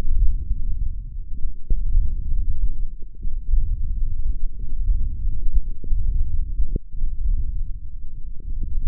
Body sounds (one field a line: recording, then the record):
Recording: forearm muscle sounds (acoustic myography)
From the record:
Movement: hand opening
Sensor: system 1, eight BSWA MPA416 microphones around the upper forearm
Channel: 5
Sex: male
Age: 18 years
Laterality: right